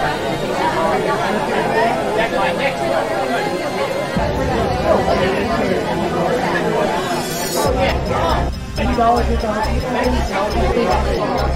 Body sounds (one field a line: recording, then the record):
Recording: background sound without coughing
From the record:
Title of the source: Nightlife Party Simulating Party Club Noise 1 Hour